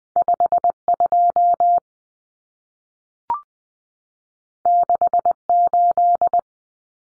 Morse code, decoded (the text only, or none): 52 68